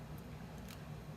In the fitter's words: and it's always a good idea when you're using your blends to make sure you hear that click